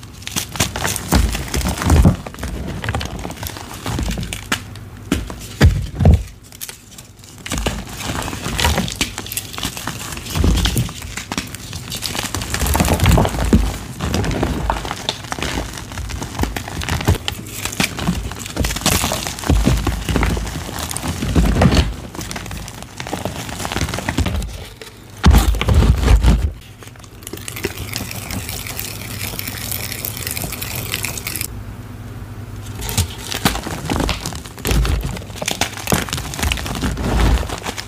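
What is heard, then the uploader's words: Gym chalk mixed with baby oil being crushed, a dense run of crinkly, gritty crunching with sharper bursts near 6, 20 and 26 seconds. Baby Oil Gym Chalk Crushing Compilation.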